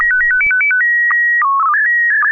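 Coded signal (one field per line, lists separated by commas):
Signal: SSTV (slow-scan television)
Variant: PD 120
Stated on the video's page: SSTV net using MMSSTV, sent over an FM repeater on 441.300 MHz in Sacramento, CA.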